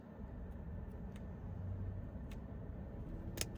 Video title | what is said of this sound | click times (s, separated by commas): How to Replace a GoPro Battery Door - YALLSAME Installation | And voila, it's snapped into place. | 3.4 s